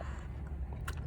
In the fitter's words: slide it down and that's locked into place